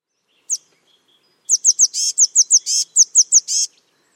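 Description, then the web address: Eurasian blue tit calling: one thin high note, a pause, then a quick run of sharp high notes broken by short buzzy scolding bursts, all in quiet surroundings. "Deverinetal 2025 File origin Bird Only Cy Ca"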